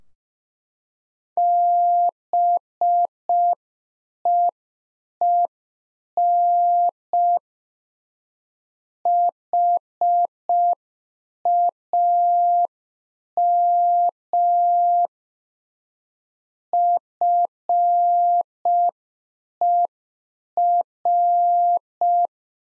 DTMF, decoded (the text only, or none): none